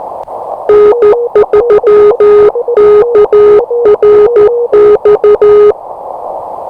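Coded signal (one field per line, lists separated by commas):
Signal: Morse code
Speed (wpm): 13 wpm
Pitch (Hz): 420 Hz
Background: none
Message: N3KRX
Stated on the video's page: Morse code callsign sent three times as a copy practice drill.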